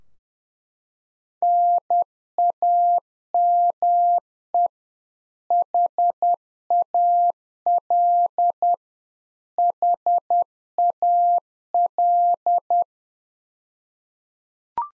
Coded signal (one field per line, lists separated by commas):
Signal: Morse code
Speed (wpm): 10 wpm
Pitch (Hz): 700 Hz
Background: none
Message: NAME HAL HAL